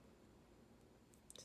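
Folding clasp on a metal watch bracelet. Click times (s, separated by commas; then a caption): 1.1 s, 1.3 s, 1.4 s. The folding clasp on the metal bracelet of a ladies' 28 mm Rolex Datejust watch is closed and snaps shut, locking in place. After a quiet, steady background, sharp clicks are heard at 1.1, 1.3 and 1.4 seconds as the clasp seats.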